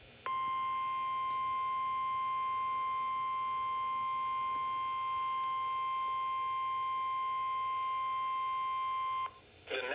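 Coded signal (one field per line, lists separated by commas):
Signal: Emergency Alert System (SAME) tones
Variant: 1050 Hz attention tone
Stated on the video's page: Severe thunderstorm warning SAME tones received from NOAA weather radio transmitters.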